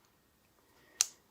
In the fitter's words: click so it's not locked but it's a double detent holding system